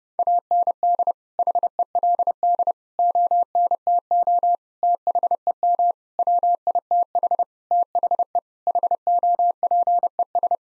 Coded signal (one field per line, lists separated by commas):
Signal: Morse code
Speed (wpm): 30 wpm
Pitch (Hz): 700 Hz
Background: none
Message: AND HELD ONTO THEM WITH THE HOPES